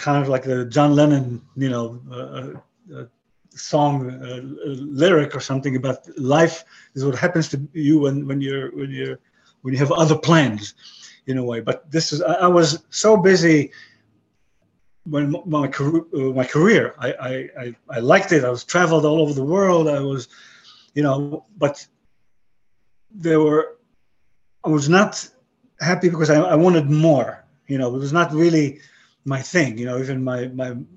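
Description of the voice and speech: A 62-year-old man with aphasia after a stroke about 11 years earlier talks in halting English, with long pauses, restarts, repeated "I" and "when you," frequent "you know" fillers and grammatical slips such as "I was traveled." He has trouble finding words and building sentences, yet his meaning still comes through.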